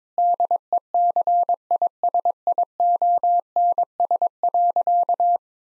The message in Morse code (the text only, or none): DECISIONS.